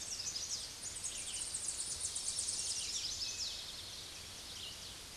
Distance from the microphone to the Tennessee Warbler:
about 40 m